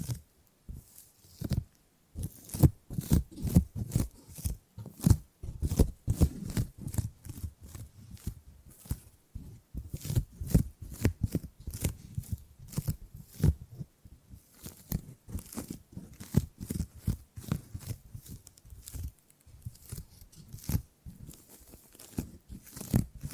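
Gripping and grabbing sounds come as a dense run of short, rustling handling noises, many per second, with a papery, shuffling texture. The bursts are strong in the low end and crackle up into the highs, with brief gaps around 2 and 19 seconds.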